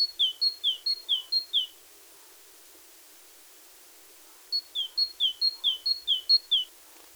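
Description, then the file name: Great tit repeating a high then lower two-note whistle in a quick run of about four pairs, a pause of several seconds, then another run of similar pairs. "Parus major"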